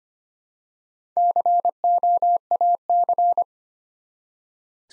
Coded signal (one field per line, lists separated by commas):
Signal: Morse code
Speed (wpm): 25 wpm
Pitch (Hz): 700 Hz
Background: none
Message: COAC